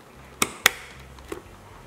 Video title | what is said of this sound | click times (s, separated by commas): How to build a PC quickly | you'll hear a click like this one | 0.4 s, 0.7 s